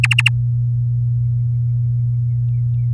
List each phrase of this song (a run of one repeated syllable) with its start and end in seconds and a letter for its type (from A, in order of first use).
0.03-0.29 A